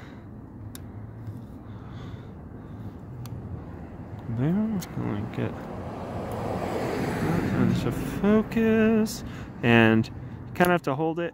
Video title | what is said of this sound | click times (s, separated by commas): How to replace windshield wiper blades on a Volkswagen Rabbit GTI Jetta Passat 06 07 08 09 10 VW | let's pop that in there | 0.8 s